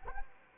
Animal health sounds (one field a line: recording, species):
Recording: mosquito wingbeat signal from an infrared sensor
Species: Anopheles arabiensis